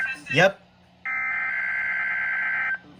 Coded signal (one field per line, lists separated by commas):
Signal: Emergency Alert System (SAME) tones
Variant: header bursts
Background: speech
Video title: Catchup and Mustard EAS Alerts (EAS 61-70)